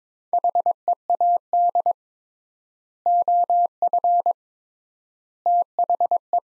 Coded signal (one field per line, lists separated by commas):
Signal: Morse code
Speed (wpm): 21 wpm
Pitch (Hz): 700 Hz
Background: none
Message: HEAD OF THE